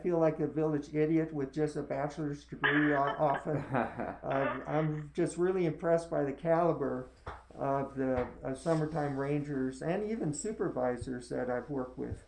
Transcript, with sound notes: I feel like a village idiot with just a bachelor’s degree often. (laughter) I’m just really impressed by the caliber of the summertime rangers and even supervisors that I’ve worked with